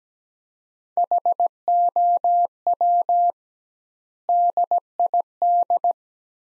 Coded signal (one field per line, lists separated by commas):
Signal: Morse code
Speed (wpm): 17 wpm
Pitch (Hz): 700 Hz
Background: none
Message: HOW DID